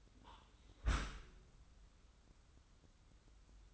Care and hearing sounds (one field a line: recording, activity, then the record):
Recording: daily activity, microphone in the room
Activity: close dishwasher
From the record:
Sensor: 3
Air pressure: 994.4 hPa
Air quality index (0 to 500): 209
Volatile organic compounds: 1000 ppm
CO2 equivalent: 6996 ppm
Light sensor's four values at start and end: 203/490/207/208 and 208/502/213/213